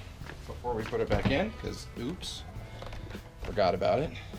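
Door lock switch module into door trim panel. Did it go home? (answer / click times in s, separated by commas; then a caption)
no / none. Someone talks while handling the plastic door unlock/lock switch module as it is about to be pressed into the new passenger door trim panel of a 2016-2024 Camaro (LT, SS, ZL1, 1LE, LS). A few faint handling noises are heard under the talk. Nothing has seated or clicked yet.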